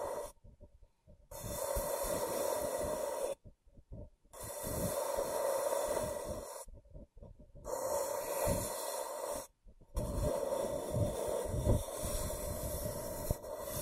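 Scratching and tracing in rough, raspy strokes of a second or two, split by short silent pauses, with a steady low tone underneath.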